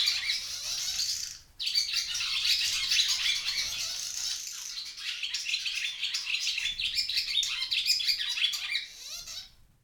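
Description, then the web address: Barn swallow twittering, a busy stream of high, scratchy chirps that stops briefly near the start, then carries on steadily before fading at the end. "ixoi Stavloxelidono"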